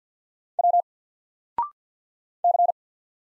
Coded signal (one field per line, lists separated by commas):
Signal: Morse code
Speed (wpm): 48 wpm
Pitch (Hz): 700 Hz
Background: none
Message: W C